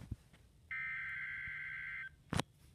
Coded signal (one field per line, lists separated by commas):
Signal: Emergency Alert System (SAME) tones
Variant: header bursts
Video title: Severe Thunderstorm Warning #4 (EAS #131)